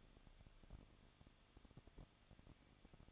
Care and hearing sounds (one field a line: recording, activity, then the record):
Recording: daily activity, microphone in the room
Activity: no activity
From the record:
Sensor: 4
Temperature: 23.0 degrees Celsius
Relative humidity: 34.5%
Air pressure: 1007.2 hPa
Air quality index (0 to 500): 216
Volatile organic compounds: 15 ppm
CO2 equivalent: 2505 ppm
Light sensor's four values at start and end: 2/3/1/1 and 2/3/1/1